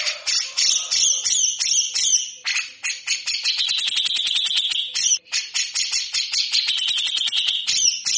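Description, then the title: Grey-cheeked bulbul pouring out rough, buzzing rattles and sharp chips in rapid runs, broken by two short gaps. Bird singing actively (gacor) for cage-bird training (masteran), full of harsh rapid chatter (besetan kasar). "MASTERAN CUCAK JENGGOT GACOR FULL BESETAN KASAR DURASI PANJANG"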